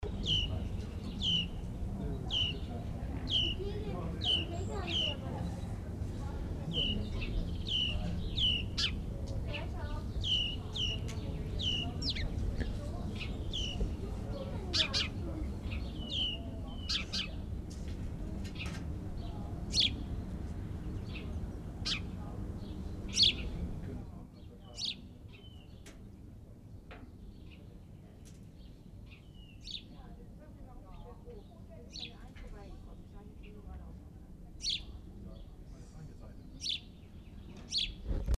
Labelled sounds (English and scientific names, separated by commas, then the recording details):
House Sparrow (Passer domesticus) alarm call
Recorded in the wild
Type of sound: alarm call
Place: Hafling, Bozen, IT
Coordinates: 46.6544, 11.2206
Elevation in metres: 1377
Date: 1981-03-25
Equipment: Uher 4000 Report, Sennheiser MKH 815 T
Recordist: Tretzel, Erwin
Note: Wald hinter Gasthof, Hafling, Italien: Warnrufe "dürr", "gäng" Flugruf